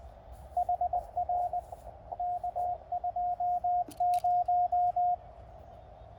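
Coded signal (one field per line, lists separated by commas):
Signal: Morse code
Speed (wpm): 20 wpm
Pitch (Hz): 720 Hz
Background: radio noise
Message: HR K20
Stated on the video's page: QRP CW park activation on 20 and 40 m with QCX transceivers, a 30-foot vertical, and a paddle used as a cootie.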